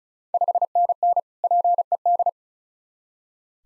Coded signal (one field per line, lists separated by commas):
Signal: Morse code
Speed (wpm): 36 wpm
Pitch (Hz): 700 Hz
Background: none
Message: 5NN PED